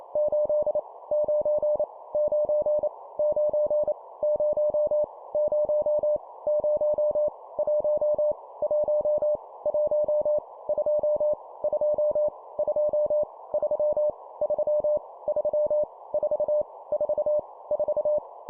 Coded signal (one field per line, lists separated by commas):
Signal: Morse code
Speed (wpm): 28 wpm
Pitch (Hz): 600 Hz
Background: none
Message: 8 9 9 9 0 0 0 1 1 1 2 2 2 3 3 3 4 4 4